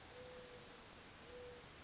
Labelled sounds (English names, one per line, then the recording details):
Mourning Dove
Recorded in Sonoma County, California